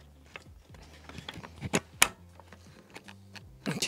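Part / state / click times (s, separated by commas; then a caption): power steering cooling line into its retaining clip on the cooling pack / seated / 2.0 s. A power steering cooling line is pushed into its retaining clip on the cooling pack. Faint handling noises and small knocks lead up to a single sharp snap at 2.0 s, followed by quieter rustling. The line clips into place and is seated.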